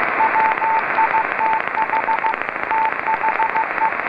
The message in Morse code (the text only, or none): WITH THE